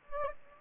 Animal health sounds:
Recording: mosquito wingbeat signal from an infrared sensor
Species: Anopheles gambiae

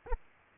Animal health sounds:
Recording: mosquito wingbeat signal from an infrared sensor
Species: Aedes aegypti

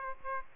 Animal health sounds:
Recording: mosquito wingbeat signal from an infrared sensor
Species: Aedes aegypti

